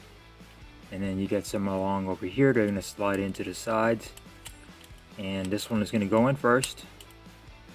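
Someone talks while handling a plastic side panel of a Transformers Dark of the Moon Deluxe Class Walmart Exclusive Sideswipe toy, lining it up to slide into the side of the car body. Nothing has seated or clicked yet.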